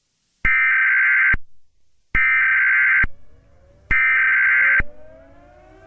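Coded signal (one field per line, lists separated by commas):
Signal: Emergency Alert System (SAME) tones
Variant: header bursts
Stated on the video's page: Simulated EAS mini scenario, not a real alert.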